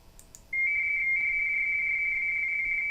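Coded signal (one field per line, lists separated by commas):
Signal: RTTY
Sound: silence, then a steady high tone that briefly flips between two close pitches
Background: faint clicks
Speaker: As we hit this save button, it will send him a confirming message.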